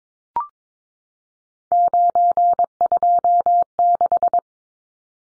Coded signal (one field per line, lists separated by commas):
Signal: Morse code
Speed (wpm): 22 wpm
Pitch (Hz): 700 Hz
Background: none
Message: 926